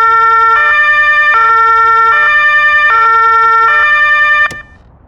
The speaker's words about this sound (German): Boah, ist die Sirene laut. Da wird man ja taub, wenn man da gleich daneben steht. Aber so macht euch auch jeder auf der Straße Platz.